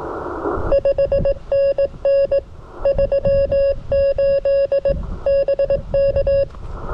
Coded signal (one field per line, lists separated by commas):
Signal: Morse code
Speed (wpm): 19 wpm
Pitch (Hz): 2750 Hz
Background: none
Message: 5NN 38 BK